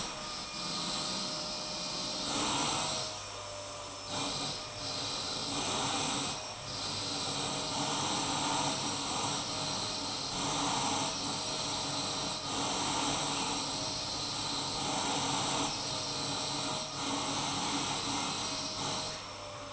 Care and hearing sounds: daily activity, microphone in the room; vacuum cleaning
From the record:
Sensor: 1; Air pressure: 991.0 hPa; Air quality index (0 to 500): 118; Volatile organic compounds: 173 ppm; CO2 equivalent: 4118 ppm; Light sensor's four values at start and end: 19/45/18/20 and 19/45/19/21

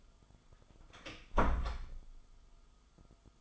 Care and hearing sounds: daily activity, microphone in the room; close door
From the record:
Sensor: 5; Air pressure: 1005.1 hPa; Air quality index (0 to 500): 102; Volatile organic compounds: 2 ppm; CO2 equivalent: 1242 ppm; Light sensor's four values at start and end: 34/79/31/30 and 34/79/32/30

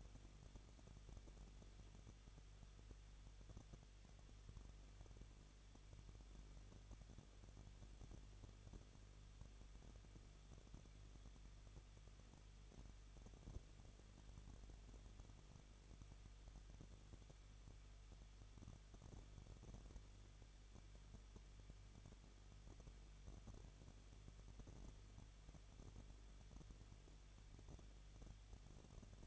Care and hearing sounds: daily activity, microphone in the room; no activity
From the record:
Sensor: 4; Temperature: 23.1 degrees Celsius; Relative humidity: 33.9%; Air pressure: 1007.2 hPa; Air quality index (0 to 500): 216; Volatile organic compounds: 15 ppm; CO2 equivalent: 2493 ppm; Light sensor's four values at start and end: 2/3/1/1 and 2/3/1/1

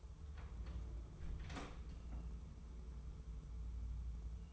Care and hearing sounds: daily activity, microphone in the room; close door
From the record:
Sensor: 1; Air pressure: 1015.1 hPa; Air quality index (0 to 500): 99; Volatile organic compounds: 3 ppm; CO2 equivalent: 1330 ppm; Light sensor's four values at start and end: 14/33/14/15 and 14/33/14/15

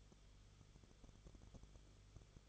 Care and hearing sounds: daily activity, microphone in the room; no activity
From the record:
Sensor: 4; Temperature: 22.9 degrees Celsius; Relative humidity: 34.5%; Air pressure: 1011.5 hPa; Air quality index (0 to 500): 193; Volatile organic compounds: 13 ppm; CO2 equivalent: 2389 ppm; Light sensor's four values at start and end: 2/3/1/1 and 2/3/1/1

